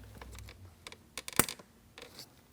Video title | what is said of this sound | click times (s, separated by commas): How to Replace Mirror Switch 2007-2014 Ford Edge | After our click, a light tug, it's properly secured. | 1.4 s